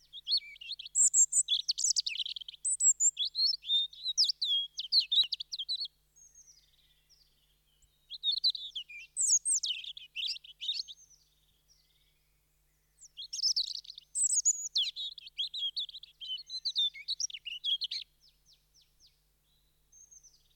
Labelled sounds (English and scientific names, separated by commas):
European Robin (Erithacus rubecula) song